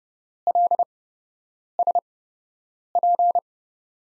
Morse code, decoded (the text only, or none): LSP